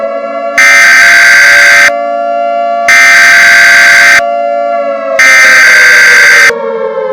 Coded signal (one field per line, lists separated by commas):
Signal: Emergency Alert System (SAME) tones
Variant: header bursts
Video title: EAS Scenario 13: The Night Of The Yanderes 2: The Return of the Yanderes